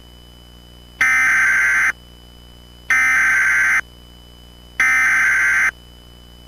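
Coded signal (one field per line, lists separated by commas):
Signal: Emergency Alert System (SAME) tones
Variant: header bursts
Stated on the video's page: Mock tornado warning using valid EAS tones with synthesized voice.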